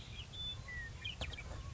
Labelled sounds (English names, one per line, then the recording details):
Western Meadowlark
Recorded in Sonoma County, California